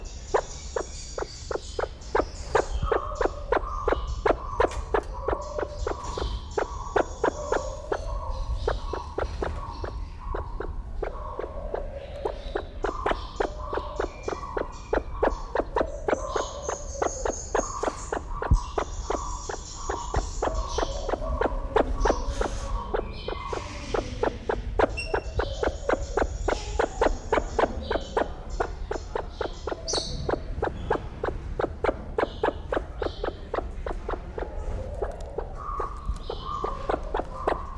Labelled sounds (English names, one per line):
Great Argus call